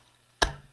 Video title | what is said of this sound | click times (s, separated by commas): Everything you needed to know about adhesives and then some | Slide it in. You'll hear it snap. | 0.4 s